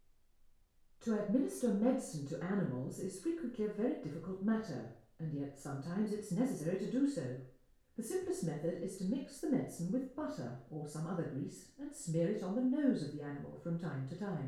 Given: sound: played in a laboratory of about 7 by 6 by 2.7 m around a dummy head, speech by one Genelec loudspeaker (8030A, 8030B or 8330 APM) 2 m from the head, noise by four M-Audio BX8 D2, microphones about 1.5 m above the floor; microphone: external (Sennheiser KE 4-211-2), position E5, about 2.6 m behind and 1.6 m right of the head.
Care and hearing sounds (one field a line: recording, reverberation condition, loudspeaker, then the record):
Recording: female speech in English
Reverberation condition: medium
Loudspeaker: 150 degrees to the right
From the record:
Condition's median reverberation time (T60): about 510 ms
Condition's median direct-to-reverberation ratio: about -0.5 dB